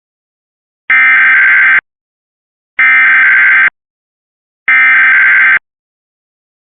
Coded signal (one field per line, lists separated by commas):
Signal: Emergency Alert System (SAME) tones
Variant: header bursts